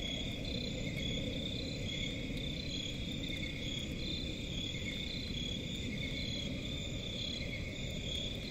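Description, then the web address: Crickets chirp in a continuous chorus, bright pulsed trills stacked at several high pitches, rhythmically wavering, over a dull low rumble. Crickets in a forest at night, presented as a relaxing forest ambience. "Forest and crickets at night. صدای-آرامبخش-جنگل-و-جیرجیرک"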